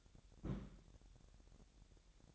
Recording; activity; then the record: daily activity, microphone in the room; place on stove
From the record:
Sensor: 3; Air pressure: 1012.0 hPa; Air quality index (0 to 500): 211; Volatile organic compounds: 4 ppm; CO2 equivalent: 1575 ppm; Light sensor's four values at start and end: 104/247/103/93 and 104/247/103/93